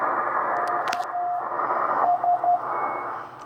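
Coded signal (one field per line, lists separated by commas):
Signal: Morse code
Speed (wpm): 12 wpm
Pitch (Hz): 710 Hz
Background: radio noise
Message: KS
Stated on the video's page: A CW contact with an operator making his first CW QSO since 1979.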